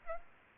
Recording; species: mosquito wingbeat signal from an infrared sensor; Aedes aegypti